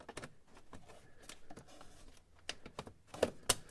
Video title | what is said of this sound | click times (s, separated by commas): How To Replace Land Rover Defender Cabin Air Filter 2020 - 2024 DIY Change Replacement Location | And then that snaps into place like that. | 3.5 s